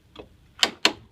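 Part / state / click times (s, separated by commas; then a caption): torque wrench on the axle nut of a front wheel hub bearing / torque reached / 0.9 s. A torque wrench set to 173 ft-lb tightens the axle nut on a front wheel hub bearing, with a screwdriver in the rotor to keep it from turning. A faint tap comes at about 0.2 s, then a sharp, bright click at 0.6 s, and a second equally loud click at 0.9 s as the wrench clicks over. The nut reaches its set torque.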